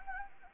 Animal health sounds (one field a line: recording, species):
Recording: mosquito wingbeat signal from an infrared sensor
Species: Anopheles arabiensis